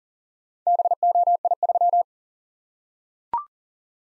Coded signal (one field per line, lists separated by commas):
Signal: Morse code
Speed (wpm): 40 wpm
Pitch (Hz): 700 Hz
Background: none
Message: BOI3